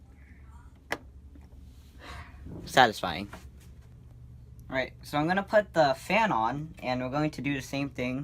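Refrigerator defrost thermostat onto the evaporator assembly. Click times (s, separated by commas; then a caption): 0.9 s. A refrigerator defrost thermostat, turned to face the other way, is pressed onto the evaporator assembly until its plastic clip catches with one sharp, loud click at 0.9 s, seating it in place. Someone then talks.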